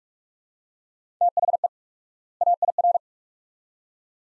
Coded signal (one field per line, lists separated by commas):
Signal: Morse code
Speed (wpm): 47 wpm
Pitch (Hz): 700 Hz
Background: none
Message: THE AIR